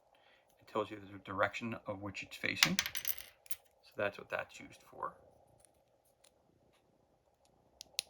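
Someone talks, followed by a few faint ticks as a plastic board game piece, a camera marker or height indicator, is handled. The piece is then pressed into its plastic base, and sharp snaps at 7.8 s and 8.0 s show it seating in place.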